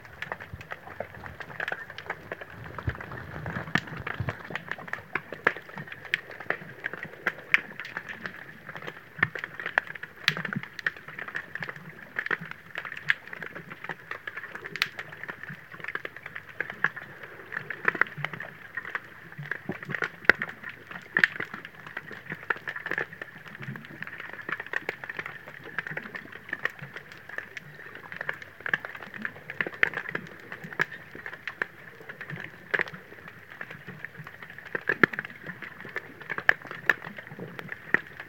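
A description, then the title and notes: Underwater hydrophone recording off Villa Nova Milfontes in Portugal: a dense, constant crackle of sharp clicks and snaps fills the whole clip, over a soft low murmur. A steady high-pitched tone hums underneath throughout, unchanging from start to finish. Hydrophone recording made near Villa Nova Milfontes, Alentejo, Portugal.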